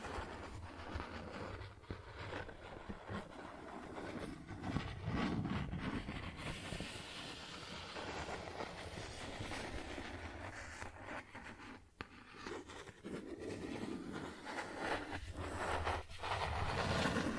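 Cardboard is scratched and rubbed in a continuous, dense rasping that fills the whole clip with little letup. The texture is rough and gritty, with low rumbling underneath and brief dips near 2, 12 and 15 seconds before the scraping swells again.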